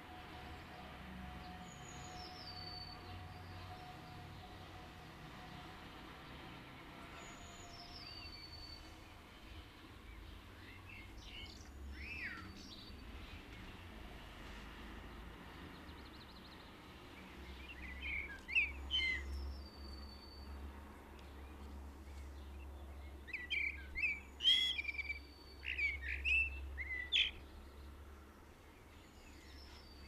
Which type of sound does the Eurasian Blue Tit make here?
song